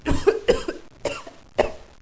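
An adult coughing, four coughs in quick succession.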